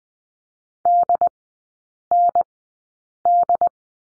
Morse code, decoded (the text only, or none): DND